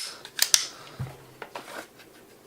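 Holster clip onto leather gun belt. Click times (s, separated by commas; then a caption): 0.5 s. A holster's belt clip is closed over a thick leather gun belt, snapping on with a sharp click at 0.5 s that seats it securely. Smaller ticks come just before, and a few quieter knocks and rustles follow.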